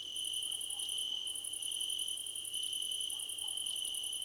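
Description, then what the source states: Crickets chirping in a chorus: a steady high trill plus a higher rapid pulsed chirping, broken by one short pause. Crickets in a choir competition.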